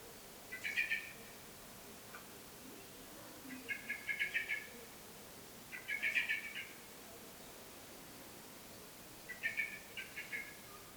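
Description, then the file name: Common blackbird giving short rattling chatter bursts, four groups spaced a few seconds apart, against a steady background hiss. "Turdus merula"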